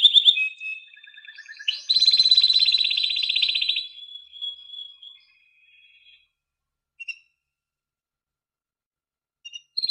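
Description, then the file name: Canary giving a few seconds of trilled song that fades out, followed by near silence broken by a few isolated short chips. "chant canari birdsforalldz"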